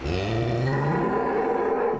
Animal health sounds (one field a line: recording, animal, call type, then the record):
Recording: contact call of a hoofed animal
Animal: cattle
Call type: low-frequency (closed-mouth) or high-frequency (open-mouth) call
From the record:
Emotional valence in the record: negative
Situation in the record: full separation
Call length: 2.0 s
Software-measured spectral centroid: 1330 Hz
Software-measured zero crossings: 1280 a second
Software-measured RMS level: -24 dBFS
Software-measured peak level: -12 dBFS